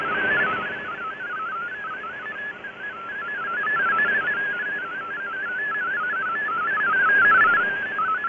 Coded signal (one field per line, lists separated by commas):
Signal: multi-tone FSK (Olivia or MFSK type)